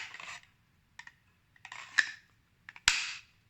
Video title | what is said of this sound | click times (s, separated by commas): Samurai Jungle E52100 knife | very nice click that stuff will not get out | 2.9 s